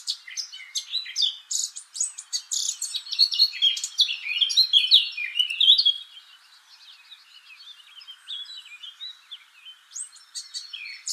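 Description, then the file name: Eurasian blackcap warbling song, a fast jumble of chattering and clear whistled notes for six seconds, followed by quieter scattered twitters until the end. "Sylvia atricapilla"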